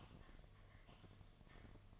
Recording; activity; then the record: daily activity, microphone in the room; typing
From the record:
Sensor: 4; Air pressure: 1005.2 hPa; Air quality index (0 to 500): 182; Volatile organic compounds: 5 ppm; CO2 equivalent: 1791 ppm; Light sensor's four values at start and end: 6/12/5/4 and 6/12/5/4